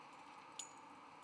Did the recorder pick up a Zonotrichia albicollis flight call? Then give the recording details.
no. No flight call is heard. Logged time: 01:28 on 17 November 2014